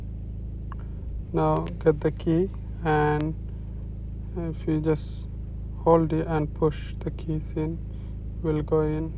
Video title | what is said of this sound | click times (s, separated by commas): How to fix replace keyboard key for dell laptop | clicked in now | 0.7 s